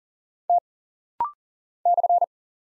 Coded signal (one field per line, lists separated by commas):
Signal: Morse code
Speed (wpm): 40 wpm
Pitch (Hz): 700 Hz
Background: none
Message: T /